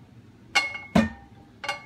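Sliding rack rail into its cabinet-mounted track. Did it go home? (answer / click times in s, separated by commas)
yes / 1.0 s, 1.6 s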